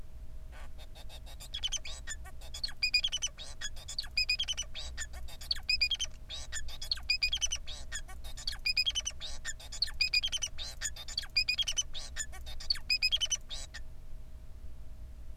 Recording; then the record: song of a male Bengalese finch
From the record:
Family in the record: son of father 4